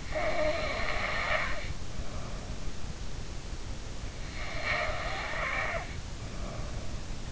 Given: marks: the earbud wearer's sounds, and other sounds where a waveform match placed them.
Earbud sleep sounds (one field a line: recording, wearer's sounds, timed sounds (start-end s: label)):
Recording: sounds in sleep by an in-ear microphone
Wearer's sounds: snoring breath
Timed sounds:
0.00-1.52 s: snoring breath
4.54-6.01 s: snoring breath